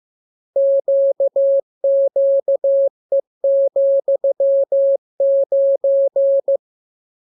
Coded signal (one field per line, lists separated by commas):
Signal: Morse code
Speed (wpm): 15 wpm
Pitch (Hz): 550 Hz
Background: none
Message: QQE,9